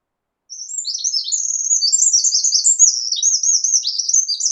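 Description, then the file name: Eurasian wren pouring out a loud, rapid song of shrill notes and rattling trills that keeps going to the end. "Troglodytes troglodytes"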